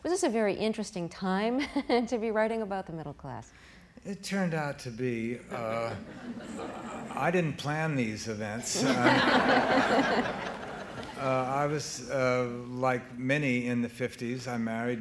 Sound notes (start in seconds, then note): 5.5 soundbite of laughter; 8.6 soundbite of laughter